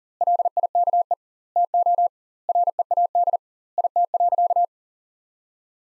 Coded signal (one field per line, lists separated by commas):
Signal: Morse code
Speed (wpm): 40 wpm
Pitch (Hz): 700 Hz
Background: none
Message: LIKE TO READ IT.